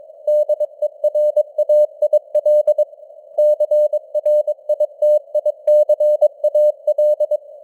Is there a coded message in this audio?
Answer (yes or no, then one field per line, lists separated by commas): yes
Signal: Morse code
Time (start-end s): 0.3-7.4 s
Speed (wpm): 22 wpm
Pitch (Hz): 600 Hz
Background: none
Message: DERAIL CRITICAL